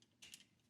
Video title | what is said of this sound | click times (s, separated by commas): In Box Mode, No One Can Hear You Scream! 52Toys Beastbox IB-13 Alien Xenomorph, Rated And Reviewed | and it'll lock into place. | 0.2 s, 0.3 s